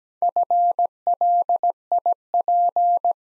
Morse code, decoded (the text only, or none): FLIP